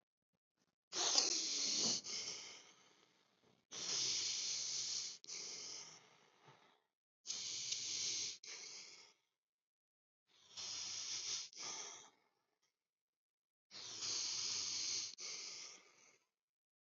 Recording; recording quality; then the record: deep breathing; excellent, no background noise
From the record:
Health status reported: respiratory illness, not identified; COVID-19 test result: not tested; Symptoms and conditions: none ticked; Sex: male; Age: 27 years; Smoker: not ticked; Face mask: not worn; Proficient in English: no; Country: India